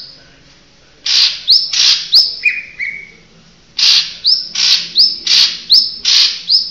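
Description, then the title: Oriental magpie-robin song: loud harsh chattering notes, each ending in a sharp upslurred whistle, in two bursts of rapid repeats separated by a short pause and a lower whistled phrase. Chirping song. "Kicau Kacer"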